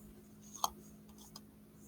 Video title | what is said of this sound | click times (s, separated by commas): Ehlert Painted Paper Techniques | We put the lid on, push around the edges, and listen for the click. | 0.6 s